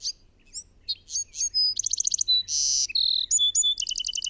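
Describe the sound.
Bird song, a dense stream of high chirps, rapid pulsed runs, a harsh buzzy note and level whistles, continuous throughout.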